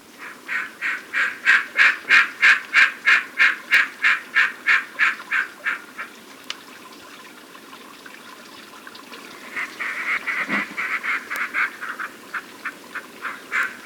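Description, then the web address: Imperial snipe delivering runs of regular, harsh nasal notes about three per second; a pause of a few seconds, then the series resumes. Recorded in Ecuador. "Birds of Ecuador. Imperial Snipe"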